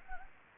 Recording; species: mosquito wingbeat signal from an infrared sensor; Anopheles gambiae